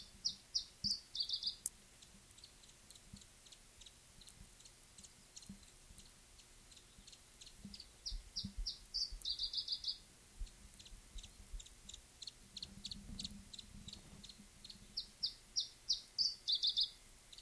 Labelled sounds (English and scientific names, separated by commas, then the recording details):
Iberian Chiffchaff (Phylloscopus ibericus)
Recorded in the wild
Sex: male
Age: adult
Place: Bei Molinar, Nordspanien, Baskenland, ES
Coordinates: 43.2167, -3.28333
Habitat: mountain side
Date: 1964-05-05 16:40
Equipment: Nagra III PH, Parabolspiegelmikrophon, LGS26
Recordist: Schneider, Hans-Joachim